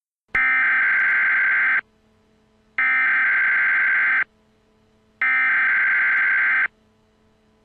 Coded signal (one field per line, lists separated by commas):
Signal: Emergency Alert System (SAME) tones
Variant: header bursts